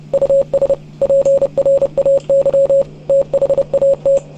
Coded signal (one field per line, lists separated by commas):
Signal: Morse code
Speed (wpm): 30 wpm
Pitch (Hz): 550 Hz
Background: none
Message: US PRAY THAT